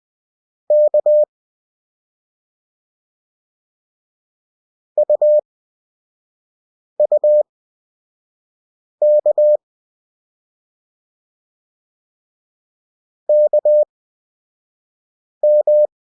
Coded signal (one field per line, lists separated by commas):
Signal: Morse code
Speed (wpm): 20 wpm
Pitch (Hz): 600 Hz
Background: none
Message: K UUK KM